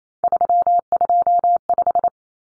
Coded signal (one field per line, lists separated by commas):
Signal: Morse code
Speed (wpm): 28 wpm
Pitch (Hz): 700 Hz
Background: none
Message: 325